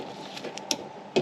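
The middle LED light strip of an aftermarket full-width "Lightsabers" tail light is pushed into place on the tailgate of a Model Y. Several short plastic knocks are heard, and the loudest sharp hit at 0.7 s is where the strip clips in. It is confirmed properly seated, with more faint taps following.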